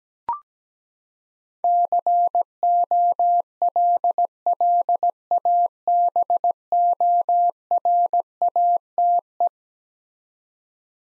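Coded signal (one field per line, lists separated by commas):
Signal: Morse code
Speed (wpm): 17 wpm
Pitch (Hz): 700 Hz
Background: none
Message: COLLABORATE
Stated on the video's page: Eleven-letter words sent as a head-copy drill, each sent in Morse, spoken, then sent again.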